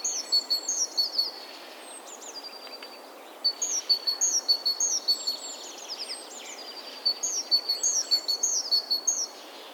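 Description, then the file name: Great tit giving three fast series of high alternating chirps, with quieter gaps between. "Parus major"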